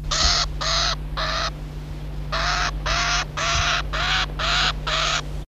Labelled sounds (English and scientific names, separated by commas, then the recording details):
Red-billed Quelea (Quelea quelea) call
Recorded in captivity
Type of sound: call
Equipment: Halbspur, 9,5 cm/s
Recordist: Lütgens, Hans
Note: In der Hand